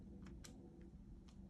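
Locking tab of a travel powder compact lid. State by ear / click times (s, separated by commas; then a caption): not seated / none. Someone tries to close and lock the lid of a plastic travel-size powder compact, producing faint, light ticks of the locking tab around 0.3, 0.5, 0.8 and 1.3 seconds over a low background hum. The locking tab has not clicked into place.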